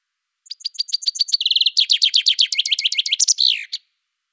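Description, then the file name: Common chaffinch song phrase: spaced piercing notes give way to a fast buzzy trill and a tumbling descending series, closing with an emphatic downslurred flourish against silence. "Fringilla coelebs"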